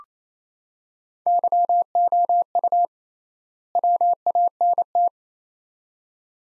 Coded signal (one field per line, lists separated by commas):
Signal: Morse code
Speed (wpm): 28 wpm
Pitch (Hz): 700 Hz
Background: none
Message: YOU WANT